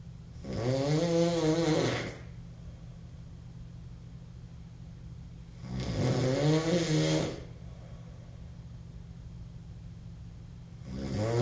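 Loud, obnoxious buzzing snores of about one and a half seconds each, recurring roughly every five seconds, about 11 a minute, with quiet breathing between. The tone is nasal and rattling. An adult man snores heavily through the nose.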